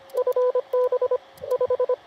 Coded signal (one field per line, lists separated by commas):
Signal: Morse code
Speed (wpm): 25 wpm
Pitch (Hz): 500 Hz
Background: radio noise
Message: FB 5